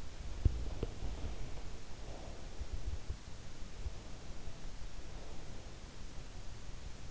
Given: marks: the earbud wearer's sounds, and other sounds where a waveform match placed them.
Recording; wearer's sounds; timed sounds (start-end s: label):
sounds in sleep by an in-ear microphone; body movement, breath
0.20-1.85 s: body movement
0.69-2.78 s: breath
4.35-6.21 s: breath